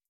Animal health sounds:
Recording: hydrophone in a shrimp aquaculture tank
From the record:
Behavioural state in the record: starved

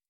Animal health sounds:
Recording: hydrophone in a shrimp aquaculture tank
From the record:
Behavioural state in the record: starved

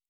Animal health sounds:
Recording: hydrophone in a shrimp aquaculture tank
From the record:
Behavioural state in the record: normal

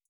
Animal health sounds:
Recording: hydrophone in a shrimp aquaculture tank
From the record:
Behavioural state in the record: feeding

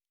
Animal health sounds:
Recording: hydrophone in a shrimp aquaculture tank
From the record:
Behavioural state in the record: normal

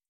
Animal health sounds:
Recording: hydrophone in a shrimp aquaculture tank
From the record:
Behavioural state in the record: feeding

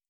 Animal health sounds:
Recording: hydrophone in a shrimp aquaculture tank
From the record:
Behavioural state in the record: feeding

